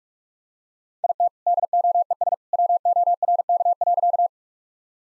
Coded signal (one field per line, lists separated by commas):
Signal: Morse code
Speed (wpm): 46 wpm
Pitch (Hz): 700 Hz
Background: none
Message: IT DOES WORK.